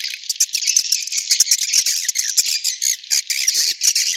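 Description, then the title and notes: Swiftlet chirping calls, a dense rapid stream of high, sharp twitters with short overlapping bursts and brief pauses throughout. Sound used in swiftlet farming in Asia. "Swiflet Bird Sound. Farming Swiflet Bird asia sound"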